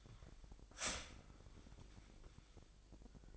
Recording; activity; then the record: daily activity, microphone in the room; start toaster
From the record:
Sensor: 5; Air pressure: 1002.1 hPa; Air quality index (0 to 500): 207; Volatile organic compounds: 20 ppm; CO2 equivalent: 2674 ppm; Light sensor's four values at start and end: 33/108/41/43 and 33/107/41/43